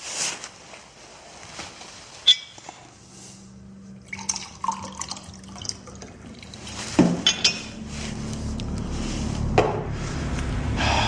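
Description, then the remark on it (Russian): A glass clinks sharply, then water is poured into it for several seconds, a steady gurgling stream whose pitch climbs as the glass fills, with a couple of soft knocks along the way. “Дайте воды.”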